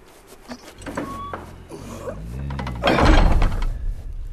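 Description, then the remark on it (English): A door is swung shut by Peter, High King of Narnia, against ice-cold air blowing through the doorway: a low, groaning hinge creak rises and wavers, then ends in a loud, heavy thud with a brief rumbling tail. No one speaks. “Peter, High King of Narnia, shut the door.”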